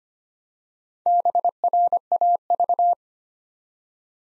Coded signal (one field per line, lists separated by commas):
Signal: Morse code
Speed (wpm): 25 wpm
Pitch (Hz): 700 Hz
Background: none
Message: BRAV